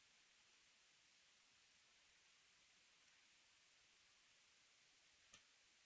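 A screw is driven into a 3D-printed plastic part of an Optimus Prime model build. Steady low hiss fills the quiet stretch, then a single short tick sounds at 5.3 s as the thread strips in the plastic, because it was put in tighter than expected.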